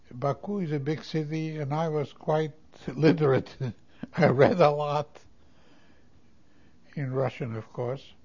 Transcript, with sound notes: Baku is a big city and I was quite literate. ( he laughs ) I read a lot. In Russian, of course.